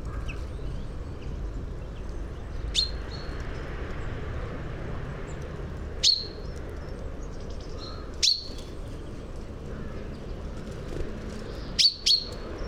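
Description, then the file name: Common chaffinch uttering short, sharp, high single call notes at irregular gaps of two to four seconds, with a doubled note near the end, over a low constant rumble. "Fringilla coelebs"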